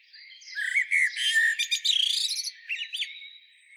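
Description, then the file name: Common blackbird phrase: low fluting whistles followed by a fast, scratchy twitter and a few short upslurred notes at the end. "Turdus merula"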